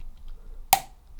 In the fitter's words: so in there and it should click into place